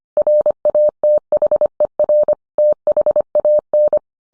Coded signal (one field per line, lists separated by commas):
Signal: Morse code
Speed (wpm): 25 wpm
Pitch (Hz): 600 Hz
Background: none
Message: RATHER THAN